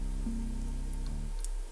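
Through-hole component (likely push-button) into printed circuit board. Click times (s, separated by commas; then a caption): 1.4 s. A through-hole component, likely a push-button, is pressed down onto a printed circuit board while its soldered leg is reheated, over a steady low hum. A sharp click at 1.4 s marks it snapping flat onto the board, fully seated.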